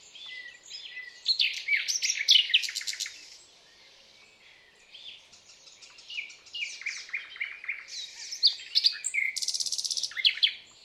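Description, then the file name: Common nightingale song, dense varied high phrases with rattling trills and sharp repeated notes, a quiet pause midway, then more rapid churring notes. "Luscinia megarhynchos"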